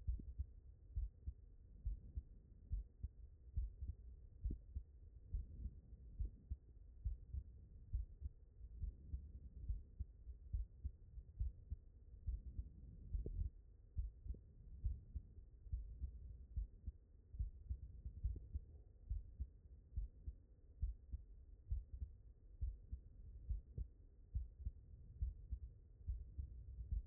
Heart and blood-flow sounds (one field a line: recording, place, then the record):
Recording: heart sounds by stethoscope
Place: mitral valve (MV)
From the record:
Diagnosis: non-HFrEF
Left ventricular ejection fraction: 60%